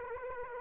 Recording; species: mosquito wingbeat signal from an infrared sensor; Aedes aegypti